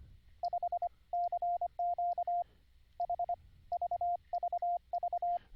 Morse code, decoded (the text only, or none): 5 CQ H VVV